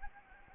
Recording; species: mosquito wingbeat signal from an infrared sensor; Anopheles arabiensis